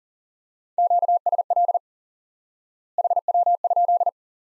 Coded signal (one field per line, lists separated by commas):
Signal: Morse code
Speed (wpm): 40 wpm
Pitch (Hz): 700 Hz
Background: none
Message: QSL HW?